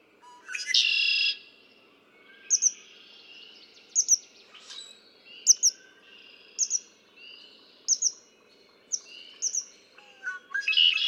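Red-winged blackbird opening with a buzzy trill, then a string of short high chipping notes, closing with another trill.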